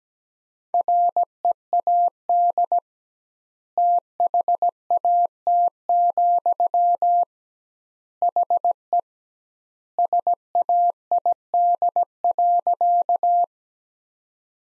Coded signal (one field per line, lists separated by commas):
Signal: Morse code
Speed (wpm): 17 wpm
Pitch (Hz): 700 Hz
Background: none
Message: READ THAT, HE SAID.